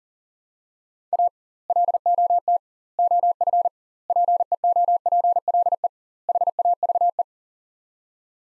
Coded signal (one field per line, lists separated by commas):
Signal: Morse code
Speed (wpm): 40 wpm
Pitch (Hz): 700 Hz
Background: none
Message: A LOT OF PEOPLE HAVE